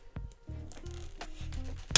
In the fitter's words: there we go you're going to hear a click see that nice and flush now and that is